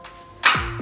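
The recline lock lever under the seat of a Quersus Evos 303/X office chair is operated, and it gives one sharp, bright click at 0.5 s, followed by a short creaking, sliding sound as the mechanism moves. The tilt lock is released, so the chair can lean back again.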